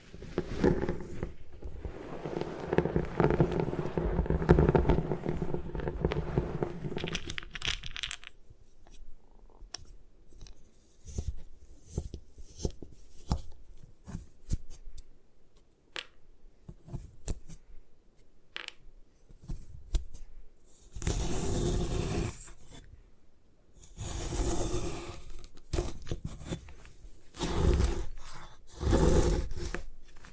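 Gym chalk is crushed and crumbled in dense crunchy bursts at first, then scattered sharp crackles, with bright grinding surges returning near the end.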